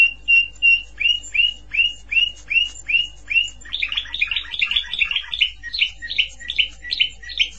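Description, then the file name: Canary song: repeated upslurred whistled notes at a steady pulse, then a faster run of bright chattering trills, with a faint low hum underneath. "Canary Voice"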